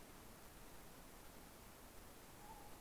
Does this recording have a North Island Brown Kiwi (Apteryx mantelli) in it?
no